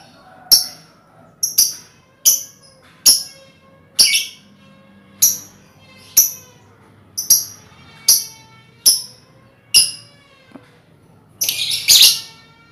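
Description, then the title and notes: Lovebird sounding a long run of shrill, high chirps spaced roughly a second apart, ending in a harsher, noisy chatter. Lovebird song in the style called ngekek, used as a lure song (kicau pancingan). "Master Kicau Lovebird ngekek, kicau pancingan"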